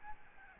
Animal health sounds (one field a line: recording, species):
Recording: mosquito wingbeat signal from an infrared sensor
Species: Aedes albopictus